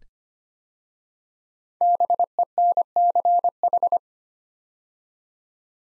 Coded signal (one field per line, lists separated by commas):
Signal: Morse code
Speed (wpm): 25 wpm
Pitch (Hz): 700 Hz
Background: none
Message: BENCH